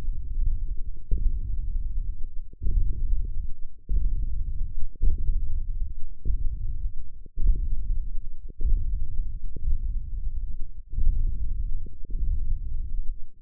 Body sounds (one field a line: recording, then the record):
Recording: forearm muscle sounds (acoustic myography)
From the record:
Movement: hand opening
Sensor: system 1, eight BSWA MPA416 microphones around the upper forearm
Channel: 6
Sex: male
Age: 20 years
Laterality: left